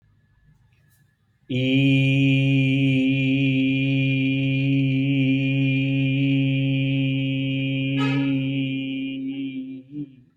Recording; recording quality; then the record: sustained vowel as in beet; excellent, no background noise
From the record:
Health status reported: exposed to COVID-19, no respiratory illness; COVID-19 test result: negative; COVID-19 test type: rapid antigen test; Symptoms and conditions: cold, fatigue, muscle pain, diabetes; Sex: male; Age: 52 years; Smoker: no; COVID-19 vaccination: both doses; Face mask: not worn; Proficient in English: yes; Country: India